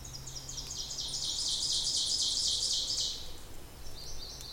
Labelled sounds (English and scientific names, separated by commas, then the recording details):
Ovenbird (Seiurus aurocapilla) song
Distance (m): 30 m
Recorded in boreal forest in Alberta, Canada, on 26 May 2016 at 08:26
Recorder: SongMeter 3, array SBT-3-15
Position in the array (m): 36 m, 247 m
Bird 20